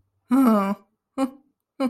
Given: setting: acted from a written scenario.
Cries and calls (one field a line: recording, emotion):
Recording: vocal sound without words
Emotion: pride